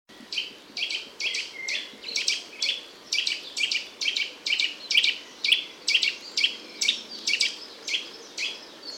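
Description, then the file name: Eurasian nuthatch giving loud, sharp, ringing notes in a fast series of short bursts, about two per second, over a faint low rumble. "Sitta europaea"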